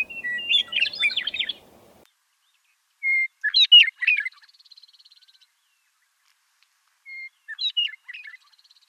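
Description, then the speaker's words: Western meadowlark singing: three flute-like phrases, each opening with a clear whistle and tumbling into warbled, gurgling notes, separated by short pauses. A few example songs. "Here are just a few examples of western meadowlark songs."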